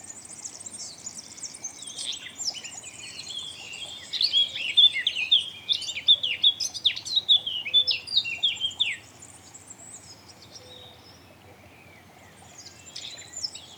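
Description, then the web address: Eurasian blackcap song: a soft twittering start builds into a loud, fast jumble of sharp warbled notes, fading after about nine seconds to scattered faint chirps. "SETE data Sylvia atricapilla"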